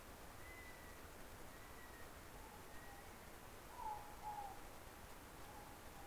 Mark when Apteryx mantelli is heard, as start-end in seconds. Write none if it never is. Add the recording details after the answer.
0.00-3.38. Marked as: faintness 3/5. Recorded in New Zealand on 17 November 2013. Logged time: 03:42. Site BS16